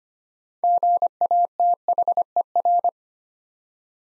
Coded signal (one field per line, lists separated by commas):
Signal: Morse code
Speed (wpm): 25 wpm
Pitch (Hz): 700 Hz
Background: none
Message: GATHER